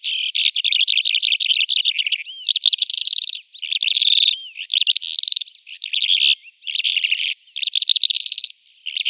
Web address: Schulze Peter Calandra Lark song